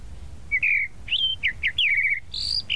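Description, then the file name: Tropical mockingbird song: slurred whistles and short chirps at varied pitches. "Canto-do-Sabiá-da-Praia"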